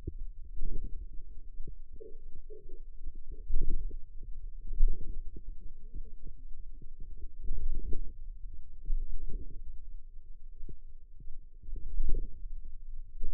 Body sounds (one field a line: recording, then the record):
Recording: forearm muscle sounds (acoustic myography)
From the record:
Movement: radial deviation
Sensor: system 2, bracelet of six BSWA MPA416 microphones around the upper forearm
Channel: 5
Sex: female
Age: 21 years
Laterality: right